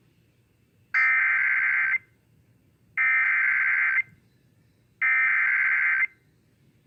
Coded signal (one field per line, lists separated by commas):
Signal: Emergency Alert System (SAME) tones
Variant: header bursts